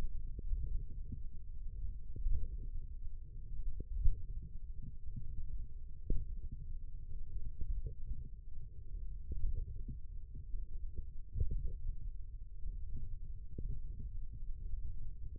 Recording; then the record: forearm muscle sounds (acoustic myography)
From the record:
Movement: radial deviation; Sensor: system 1, eight BSWA MPA416 microphones around the upper forearm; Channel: 2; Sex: male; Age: 20 years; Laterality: left